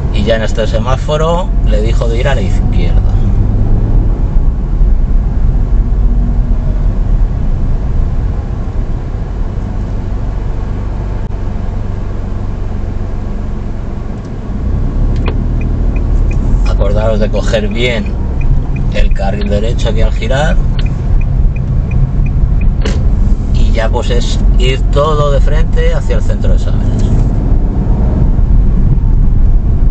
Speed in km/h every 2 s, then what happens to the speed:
22, 24, 25, 14, 3, 0, 0, 2, 13, 17, 19, 21, 24, 28, 28.
4-9 brakes to 0. 9-14 standing. 14-26 pulls away to 28.